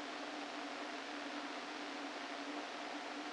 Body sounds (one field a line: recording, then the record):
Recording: brain microelectrode recording played as sound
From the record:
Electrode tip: inside the subthalamic nucleus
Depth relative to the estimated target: 0 mm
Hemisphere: left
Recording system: NeuroSet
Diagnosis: Parkinson's disease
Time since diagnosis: 13 years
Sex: male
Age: 49 years